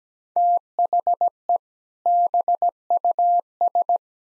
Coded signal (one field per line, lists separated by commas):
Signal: Morse code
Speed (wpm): 17 wpm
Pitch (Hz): 700 Hz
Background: none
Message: THE BUS